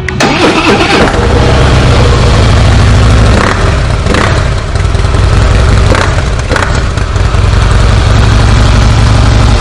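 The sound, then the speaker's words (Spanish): A Harley-Davidson motorcycle fitted with a high-flow air filter starts and settles into a loud, deep, lumpy idle, its low rumble throbbing steadily with a few brief throttle blips, and no one speaks. “el sonido característico de la Harley, ¿verdad?”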